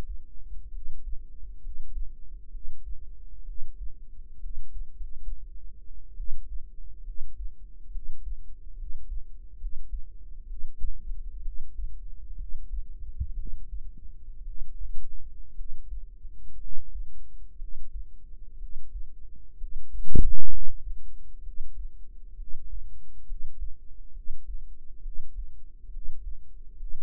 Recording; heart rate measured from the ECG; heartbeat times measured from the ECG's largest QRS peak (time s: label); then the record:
heart sounds by microphone in the right ear; 64 bpm
0.69 s: heartbeat
1.58 s: heartbeat
2.48 s: heartbeat
3.42 s: heartbeat
4.37 s: heartbeat
4.92 s: heartbeat
6.14 s: heartbeat
7.02 s: heartbeat
7.89 s: heartbeat
8.74 s: heartbeat
9.55 s: heartbeat
10.44 s: heartbeat
11.40 s: heartbeat
12.34 s: heartbeat
13.33 s: heartbeat
14.41 s: heartbeat
15.52 s: heartbeat
16.56 s: heartbeat
17.55 s: heartbeat
18.56 s: heartbeat
19.55 s: heartbeat
20.47 s: heartbeat
21.40 s: heartbeat
22.34 s: heartbeat
23.23 s: heartbeat
24.10 s: heartbeat
24.99 s: heartbeat
25.88 s: heartbeat
26.74 s: heartbeat
From the record:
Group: healthy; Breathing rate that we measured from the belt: 16 breaths a minute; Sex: female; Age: 22 years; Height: 171 cm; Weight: 65.6 kg